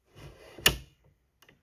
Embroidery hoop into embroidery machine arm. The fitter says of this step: On y va gentiment et vous allez voir ça va se clipser.